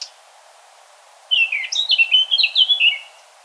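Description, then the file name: Eurasian blackcap warbling a brief, fast phrase of scratchy, twisting notes that runs for about two seconds, then stops. "Sylvia atricapilla"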